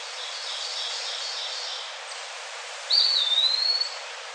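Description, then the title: Eastern wood pewee song: a single clear, slurred whistle that drops and then rises again, over a steady hiss, with a fainter pulsing sound earlier on. "LuckyPassaro Completos2Sama. Eastern Wood Pewee (Contopus virens)"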